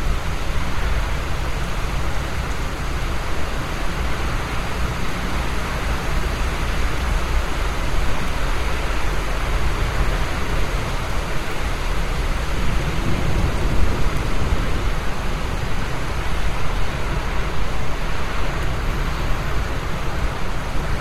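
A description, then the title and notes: Heavy rain pours down in a city during a storm, a dense, steady hiss that fills the whole clip. A deep low rumble sits underneath throughout and swells briefly around the thirteen-second mark before settling back. Downtown Rain And Thunder Sounds. Severe storm with rain, thunder and wind in the city environment. In the background, the sound of vehicles passing by on the wet road can be heard.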